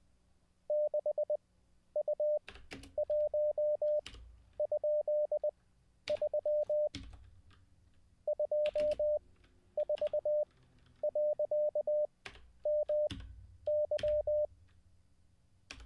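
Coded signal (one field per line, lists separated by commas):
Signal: Morse code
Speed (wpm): 20 wpm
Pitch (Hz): 600 Hz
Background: none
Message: 6U1?3 24.MY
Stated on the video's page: Live Morse code practice after a week-long break.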